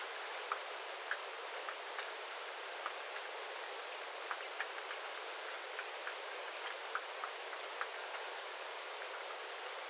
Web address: paivat 9 9 2025 pikkulintuparven aantelya vesi tippuu raystaalta sateen jalkeen